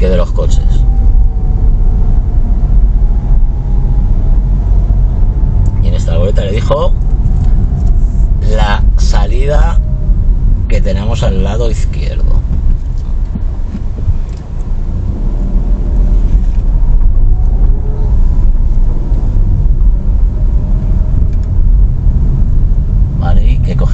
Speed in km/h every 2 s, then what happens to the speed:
23, 22, 23, 21, 19, 12, 0, 8, 16, 19, 20, 20.
0-8 steady at about 22. 8-12 brakes to 0. 13-24 pulls away to 20.